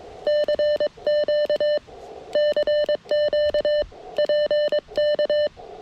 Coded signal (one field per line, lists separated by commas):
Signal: Morse code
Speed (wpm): 22 wpm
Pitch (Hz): 600 Hz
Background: none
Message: CQ CQ PK